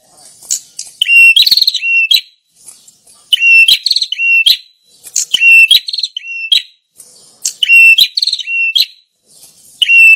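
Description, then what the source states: Prinia calls in quick series, buzzy chatters each followed by a short level whistle, grouped in bursts with brief silences between. Lure call played to attract birds.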